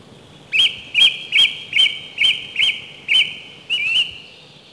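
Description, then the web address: Song thrush song: a series of eight bright, slurred whistled notes at an even pitch, repeated about every half second, with faint background hum. Spring. "vremena vesna 03 drozd pevchi"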